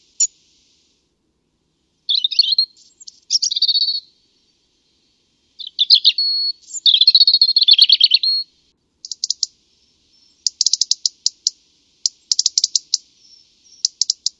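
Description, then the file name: European robin song: varied high warbling phrases, some liquid and tumbling, others fast thin trills, broken by brief pauses; a quiet background. "le chant du Rouge-gorge"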